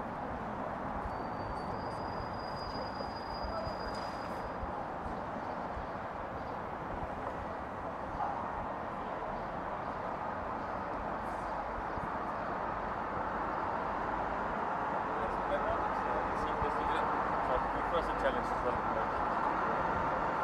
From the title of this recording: Counterclockwise around the White House